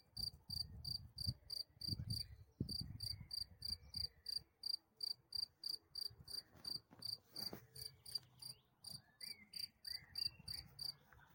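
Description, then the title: Cricket chirping, clear high pulses repeated about three times a second in a steady series, over a faint low rumble and some brief background noises. "grillon"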